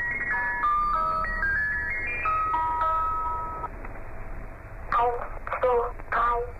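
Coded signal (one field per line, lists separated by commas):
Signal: numbers station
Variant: Swedish Rhapsody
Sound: music-box-like melody of clear stepping tones, then a few short high voiced words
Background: radio static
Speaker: the Swedish Rhapsody is a number station that was used to send secret messages to others this particular station was in operation from the late 1950s to 1998.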